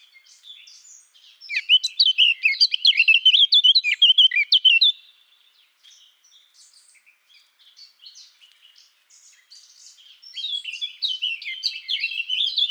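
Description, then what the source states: Eurasian blackcap singing a fast, jumbled warble that swells loudly for about three seconds, fades to quiet twittering, then rises again toward the end. Recorded 17 June 2014 in Garching.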